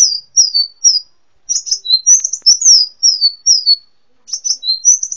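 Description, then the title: Sunbird chirps, high and thin, falling notes given in quick runs with brief gaps between bursts. "kicau kolibri"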